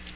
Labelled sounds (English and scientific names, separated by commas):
Cape May Warbler (Setophaga tigrina) flight call